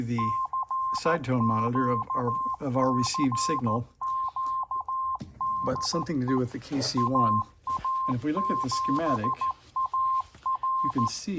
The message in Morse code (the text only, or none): CQ CQ DE AA7AR